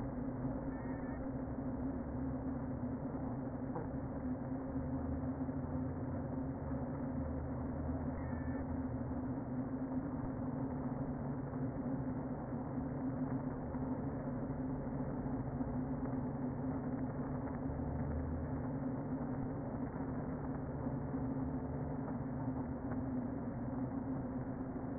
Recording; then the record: honeybee colony, microphone inside the hive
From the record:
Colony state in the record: queen present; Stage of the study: before two queens were removed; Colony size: about 60,000 bees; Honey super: yes